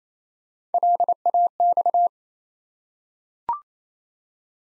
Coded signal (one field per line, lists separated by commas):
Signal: Morse code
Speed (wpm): 29 wpm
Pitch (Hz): 700 Hz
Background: none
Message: LAX